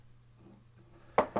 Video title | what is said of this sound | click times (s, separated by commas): Dual Electronic Engine Control Lever IP68 (19): Assembly & Adjustment | And you can actually hear the plunger snapping in. | 1.2 s